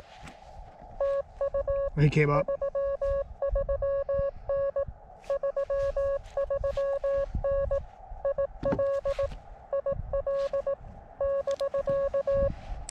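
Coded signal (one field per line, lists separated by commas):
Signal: Morse code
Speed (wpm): 18 wpm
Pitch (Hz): 1110 Hz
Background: speech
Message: TU 33N 33N IL IL <BK>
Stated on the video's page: CW Parks On The Air activation with a KX2 in horrendous conditions, later using a better antenna.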